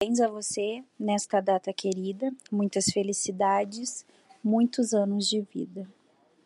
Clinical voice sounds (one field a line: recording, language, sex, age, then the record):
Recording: short text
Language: Brazilian Portuguese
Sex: female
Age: 20 to 29 years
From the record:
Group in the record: control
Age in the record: 22 years